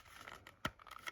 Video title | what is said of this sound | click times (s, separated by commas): Unboxing & Testing this Prosafe Photoelectric Smoke Alarm 14/07/2025 | It clicks into place. | 0.6 s